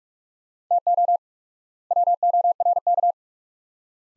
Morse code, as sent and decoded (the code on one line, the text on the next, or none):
- --- / .-- --- .-. -.-
TO WORK